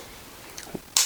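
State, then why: Seated. A bow sight is reattached to a Mathews Genuine UV slider mount and slid upward, with faint sliding sounds and a small tap near 0.6 s. At 1.0 s the sight reaches the top and snaps into place with a sharp, bright click that rings briefly, and it is seated.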